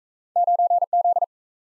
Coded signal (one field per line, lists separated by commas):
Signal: Morse code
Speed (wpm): 37 wpm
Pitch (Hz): 700 Hz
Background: none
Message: 9Z